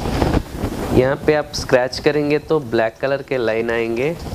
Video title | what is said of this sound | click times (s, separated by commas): Rural ICT BO Device Installation and Operation Training | lock हो जाएगा | 0.2 s